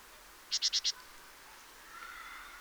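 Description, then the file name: Great tit call: a quick burst of four sharp, high notes, followed by faint background sound. "Parus major"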